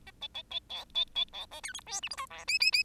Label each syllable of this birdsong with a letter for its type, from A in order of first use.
A B B B C B B C A D E F G H I J K K K